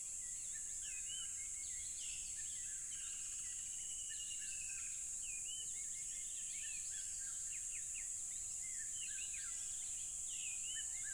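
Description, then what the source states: Crickets trill in a constant high whine while numerous birds whistle and chirp in quick, varied phrases. Loud crickets along a tropical river.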